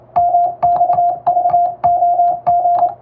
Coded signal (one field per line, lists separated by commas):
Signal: Morse code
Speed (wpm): 27 wpm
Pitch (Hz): 700 Hz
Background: music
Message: MXVOG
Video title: 【符号が奏でるハーモニー・モールス符号】昔の通信！懐かしいモールス信号を打ってみました！欧文モールス符号を打ってます！YouTubeの速度を調整して聴いてみよう morse code practice